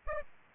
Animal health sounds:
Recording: mosquito wingbeat signal from an infrared sensor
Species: Aedes aegypti

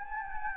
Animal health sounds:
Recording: mosquito wingbeat signal from an infrared sensor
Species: Anopheles gambiae

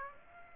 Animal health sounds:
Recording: mosquito wingbeat signal from an infrared sensor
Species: Aedes aegypti

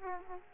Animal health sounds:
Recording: mosquito wingbeat signal from an infrared sensor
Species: Aedes aegypti

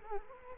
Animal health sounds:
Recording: mosquito wingbeat signal from an infrared sensor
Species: Culex quinquefasciatus

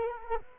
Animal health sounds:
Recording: mosquito wingbeat signal from an infrared sensor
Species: Culex quinquefasciatus

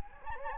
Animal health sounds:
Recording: mosquito wingbeat signal from an infrared sensor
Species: Anopheles gambiae

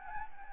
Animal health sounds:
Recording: mosquito wingbeat signal from an infrared sensor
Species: Anopheles arabiensis

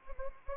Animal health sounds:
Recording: mosquito wingbeat signal from an infrared sensor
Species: Anopheles arabiensis

